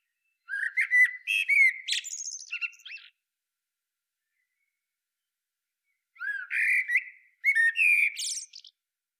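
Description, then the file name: Eurasian blackbird delivering two warbling phrases separated by a long silence, each starting with low fluted notes and breaking into squeaky high twitters. "Turdus merula"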